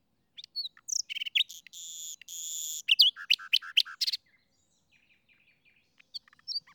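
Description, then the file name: Common nightingale singing a rich phrase with a sustained buzzy trill, followed by rapid loud notes, then soft scattered clicks and short whistles. "Luscinia megarhynchos"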